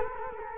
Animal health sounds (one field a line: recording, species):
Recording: mosquito wingbeat signal from an infrared sensor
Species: Culex quinquefasciatus